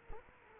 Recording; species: mosquito wingbeat signal from an infrared sensor; Culex quinquefasciatus